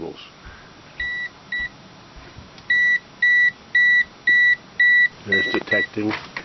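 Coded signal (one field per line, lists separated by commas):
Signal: none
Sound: voltage detector alert beeps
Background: speech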